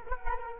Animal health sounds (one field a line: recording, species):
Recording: mosquito wingbeat signal from an infrared sensor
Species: Culex quinquefasciatus